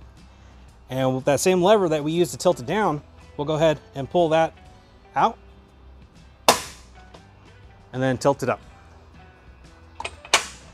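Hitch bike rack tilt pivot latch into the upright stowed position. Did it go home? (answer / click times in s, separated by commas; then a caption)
yes / 10.3 s. Someone talks while a Yakima StageTwo hitch-mounted bike carrier is folded up for travel, with a sharp metallic hit at 6.5 s. The tilt lever is pulled and the metal rack is tilted up, and at 10.3 s its pivot latch locks into the upright stowed position with a loud metallic clunk.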